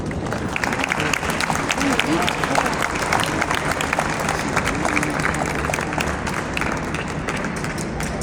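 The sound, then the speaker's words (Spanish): Loud, sustained audience applause for the consumer defense delegations at a Consumer Day event in San Juan, a dense steady crackle of many hands clapping with crowd murmur mixed in, holding an even level throughout. “A todos ellos, un muy fuerte aplauso.”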